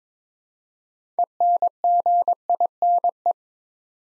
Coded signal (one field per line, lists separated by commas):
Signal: Morse code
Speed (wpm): 21 wpm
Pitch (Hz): 700 Hz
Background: none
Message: ENGINE